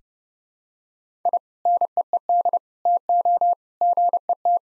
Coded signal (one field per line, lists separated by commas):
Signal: Morse code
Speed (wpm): 30 wpm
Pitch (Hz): 700 Hz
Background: none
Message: I NEED TO GET